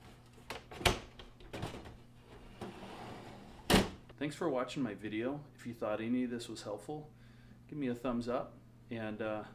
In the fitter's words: and there's a little spring so you should hear it click into place